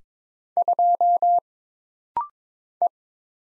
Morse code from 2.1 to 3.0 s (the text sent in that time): E